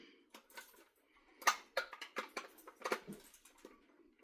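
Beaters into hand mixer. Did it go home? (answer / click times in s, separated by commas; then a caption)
no / none. Rinsed metal beaters are pushed back into the sockets of a hand mixer, making a series of short metallic taps and clatters. None of these is the usual seating click, so nothing has clicked into place yet and the beaters are not locked.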